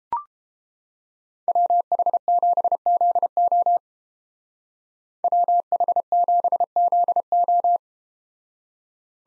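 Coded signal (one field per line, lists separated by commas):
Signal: Morse code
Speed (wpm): 30 wpm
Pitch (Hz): 700 Hz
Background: none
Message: WH7ZO WH7ZO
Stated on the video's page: Morse practice of USA 2x2 call signs in speed-racing format, starting at 1.5 times base speed, slowing to 22 wpm; final repeat sent once at maximum speed.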